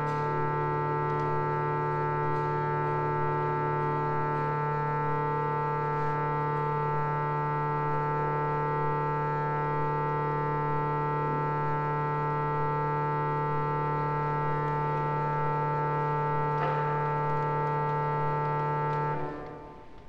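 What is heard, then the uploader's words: A large church organ sounds during tuning, holding one thick, unchanging chord with a strong low note under several clear higher tones. The sustained sound stays level for about nineteen seconds, with a faint click near seventeen seconds, then stops and fades away. Temppeliaukio Church organ tuning [field recording]. A recording made inside the church in a rock in Helsinki (Temppeliaukio), december 2012. The big church organ is being tuned.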